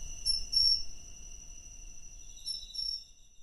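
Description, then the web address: Cricket song, a thin sustained high tone with a couple of short chirp bursts at the start and end. "Hoerbeispiele Grillen"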